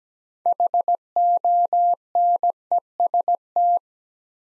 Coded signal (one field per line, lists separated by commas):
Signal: Morse code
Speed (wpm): 17 wpm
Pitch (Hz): 700 Hz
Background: none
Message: HONEST